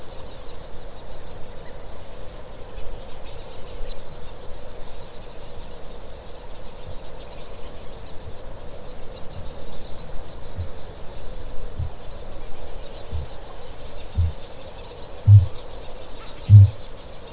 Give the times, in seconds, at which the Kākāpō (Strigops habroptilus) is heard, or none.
6.52-8.71, 9.08-13.39, 14.03-16.93